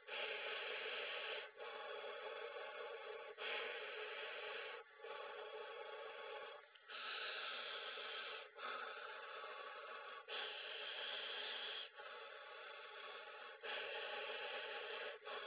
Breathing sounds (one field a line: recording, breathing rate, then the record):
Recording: paced breathing near a phone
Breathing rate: 18 breaths a minute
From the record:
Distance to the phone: 20 cm